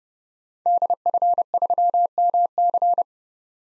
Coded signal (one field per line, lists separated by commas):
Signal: Morse code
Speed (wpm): 32 wpm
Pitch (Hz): 700 Hz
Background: none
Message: DF3MC